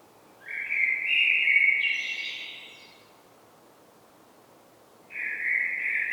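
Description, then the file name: Common blackbird singing a smooth, low whistled phrase that ends in a brief high twitter; after a long silence a new phrase begins. "Turdus merula"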